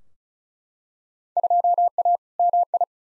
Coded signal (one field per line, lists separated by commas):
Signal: Morse code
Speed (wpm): 34 wpm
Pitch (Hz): 700 Hz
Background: none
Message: 2A MI